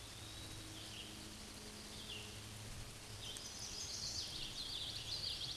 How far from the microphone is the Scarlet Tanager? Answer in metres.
about 90 m